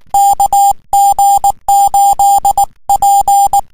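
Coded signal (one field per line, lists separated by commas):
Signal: Morse code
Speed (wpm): 19 wpm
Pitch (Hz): 800 Hz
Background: music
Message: KG8P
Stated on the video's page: HF CW contacts on 28.017 MHz.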